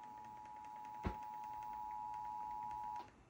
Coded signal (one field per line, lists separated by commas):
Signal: Emergency Alert System (SAME) tones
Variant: 853 and 960 Hz attention tone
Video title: Maryland May 2026 Statewide Required Monthly Test - EAS 99-102